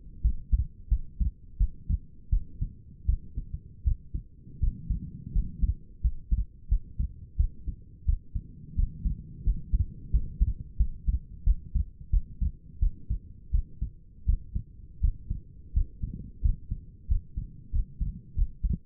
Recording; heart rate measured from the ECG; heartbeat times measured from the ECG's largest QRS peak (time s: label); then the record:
heart sounds by stethoscope; 86 bpm
0.22 s: heartbeat
0.89 s: heartbeat
1.58 s: heartbeat
2.30 s: heartbeat
3.06 s: heartbeat
3.84 s: heartbeat
4.60 s: heartbeat
5.33 s: heartbeat
6.02 s: heartbeat
6.69 s: heartbeat
7.37 s: heartbeat
8.06 s: heartbeat
8.76 s: heartbeat
9.44 s: heartbeat
10.11 s: heartbeat
10.77 s: heartbeat
11.44 s: heartbeat
12.11 s: heartbeat
12.80 s: heartbeat
13.52 s: heartbeat
14.26 s: heartbeat
15.01 s: heartbeat
15.74 s: heartbeat
16.42 s: heartbeat
17.08 s: heartbeat
17.72 s: heartbeat
18.36 s: heartbeat
From the record:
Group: healthy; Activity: rest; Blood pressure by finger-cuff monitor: 125/78 mmHg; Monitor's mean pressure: 94 mmHg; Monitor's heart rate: 87 bpm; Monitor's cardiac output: 6.2 L/min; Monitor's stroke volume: 75 mL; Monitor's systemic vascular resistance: 1080 dyn s/cm5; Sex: female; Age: 37 years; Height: 168 cm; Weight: 70 kg